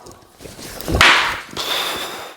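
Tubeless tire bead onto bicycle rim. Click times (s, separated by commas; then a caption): 1.0 s. A stubborn tubeless mountain bike tire is inflated with a floor pump until its bead seats onto the bicycle rim. After faint ticks near 0.1 s and 0.8 s, a loud sharp pop at 1.0 s marks the bead seating, followed by a sustained hiss from about 1.6 s to 2.3 s. The tire is seated.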